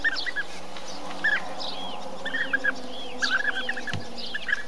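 Bee-eater calls: quick clusters of short, mid-pitched notes with higher arched chirps, coming in bursts about every second, over a low background hum.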